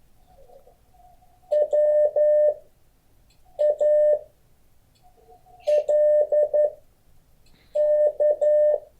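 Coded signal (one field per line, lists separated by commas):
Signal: Morse code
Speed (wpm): 11 wpm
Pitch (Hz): 600 Hz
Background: none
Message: WALK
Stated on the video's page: Morse code class.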